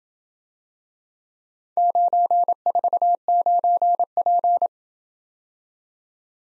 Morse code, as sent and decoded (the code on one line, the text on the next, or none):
----. ....- ----. .--.
949P